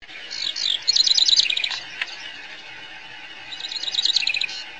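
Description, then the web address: House wren, rapid bubbling trilled phrases of high repeated notes, two bursts a few seconds apart, with a single sharp click between them. Northwestern California. "nwcal HOWR"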